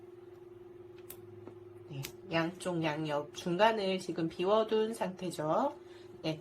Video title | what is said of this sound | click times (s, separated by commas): 방구석진로체험_인공지능전문가 | 빈 하나님 검정색을 하나는 빨간색을 딸깍 소리가 날때까지 키워줍니다 | 1.1 s